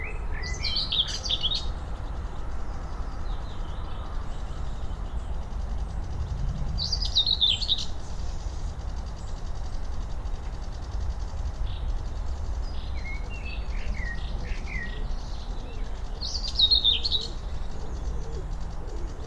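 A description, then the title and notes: Birdsong in an eco-park: bright chirping phrases near 1, 7.5 and 17 seconds over a constant low rumble and faint twittering. Recorded by Cities and Memory.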